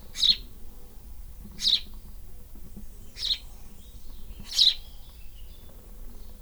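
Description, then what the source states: Swallow calls: four loud, sharp chirps with quiet hum between. Nest in an air vent.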